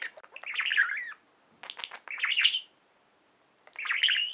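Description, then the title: Budgerigar gives three warbled phrases of scratchy, rising and falling chirps separated by short pauses. "Budgie Sounds"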